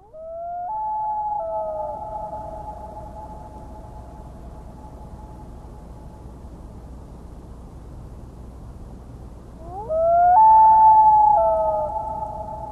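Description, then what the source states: Common loon giving long, pure wailing notes that slide up and then hold steady for several seconds, fading before a second louder rising wail. Call described as haunting, long and mournful, musical and emotional, one of the loneliest sounds on the planet.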